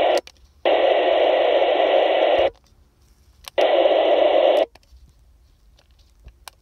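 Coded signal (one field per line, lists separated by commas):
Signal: radiosonde or satellite telemetry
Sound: two harsh hissing data bursts about two seconds each, separated by quiet static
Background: radio static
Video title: 169.500 MHz IFLOWS VHF Datalink Radio Backbone Data Packet Radio Bursts - VHF Radio Sensor Network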